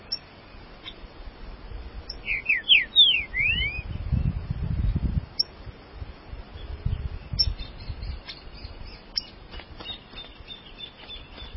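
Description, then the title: Green-winged saltator song: a short burst of rich, slurred whistled notes, with low rumbling background noise and scattered clicks. "Trinca Ferro"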